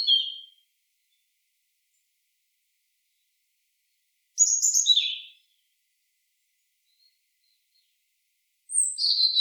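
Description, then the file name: European robin singing: three brief, high, thin warbled phrases spaced roughly four seconds apart, with silence between them. "Erithacus rubecula"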